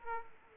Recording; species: mosquito wingbeat signal from an infrared sensor; Aedes aegypti